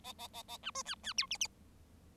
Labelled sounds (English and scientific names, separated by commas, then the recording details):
Bengalese Finch (Lonchura striata domestica) song
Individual Bird7